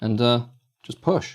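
Someone talks while an AMVR upgraded replacement plastic facial interface frame is lined up on a VR headset body, ready to be pushed home. Only speech is heard, with a short pause in the middle. Nothing has clicked or seated yet.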